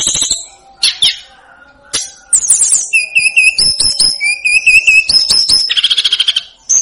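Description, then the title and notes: Snowy-browed flycatcher song: sharp chips, then a steady stream of repeated arched whistles, then a buzzy trill. Masteran recording for training cage birds; local names tledekan gunung and sikatan gunung. "Masteran Tledekan Gunung Sikatan Gunung 1. BURUNG TLEDEKAN"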